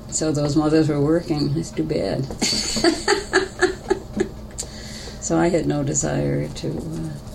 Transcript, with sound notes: So those mothers who were working, it's too bad. [Laughter] I had no desire to.